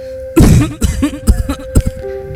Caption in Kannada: ಏನೇ ಆಳದ ಕೆಮ್ಮು ನಿಲ್ತಾನೆ ಇಲ್ವಲ್ಲಪ್ಪ? ಬುಕ್ ಬುಕ್ನ ಕೆಮ್ತಾನ. ಈ ಬೀಡಿ ಸಿಗರೆಟ್ ಸೇದೋದಿಂದನೇ ನಿನಗೆ ಕೆಮ್ಮ ಬಂದಿರೋದು. ತಪ್ಪದೆ ಎರಡು ಕಟ್ ಬೀಡಿ ಸೇತಾನೆ ಇರ್ತಾನೆ.